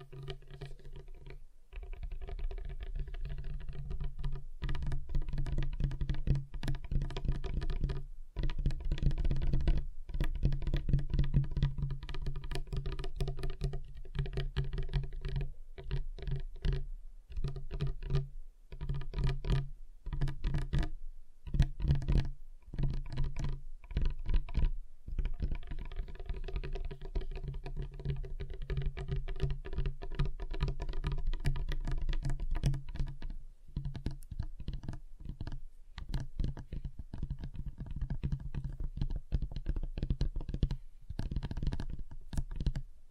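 Rapid, irregular tapping on a table surface runs nearly continuously for the whole clip, with dense, dull knocks over a steady low hum.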